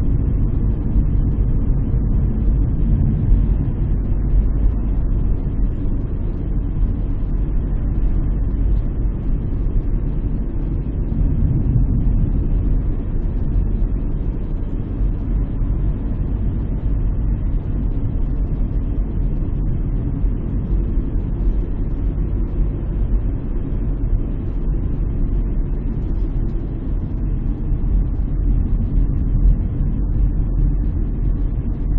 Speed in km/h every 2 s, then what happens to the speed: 37, 38, 37, 37, 38, 38, 39, 39, 39, 37, 37, 38, 37, 33, 31, 30.
0-23 steady at about 38. 23-32 slows to 30.